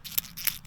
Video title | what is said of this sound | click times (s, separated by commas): Ash WISHED he had this boomstick! -- PewView react | You pop it in here, and then you put it in this little clicky thing. | 0.2 s, 0.5 s